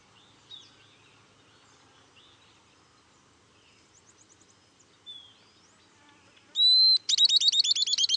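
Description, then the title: Southern beardless tyrannulet: a sustained high whistle followed by a rapid series of sharp, bright notes, after faint soft chirps. "LuckyPassaro Completos2Sama. Southern Beardless Tyrannulet (Camptostoma obsoletum)"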